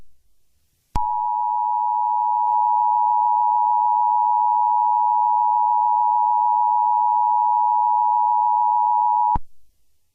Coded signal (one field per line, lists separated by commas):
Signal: Emergency Alert System (SAME) tones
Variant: 853 and 960 Hz attention tone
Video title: EAS Scenario #25: Mickey Error IV The Next Chapter